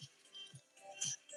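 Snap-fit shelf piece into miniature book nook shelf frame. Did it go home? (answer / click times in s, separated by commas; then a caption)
no / none. A snap-fit shelf piece from a miniature book nook kit is handled against the book nook shelf frame. Each piece only fits one way round. Soft handling sounds and low thumps are heard with music in the background, and a brief bright rise comes at about 1.0 s. Nothing has seated or clicked yet; the clip ends just before the piece pops into place.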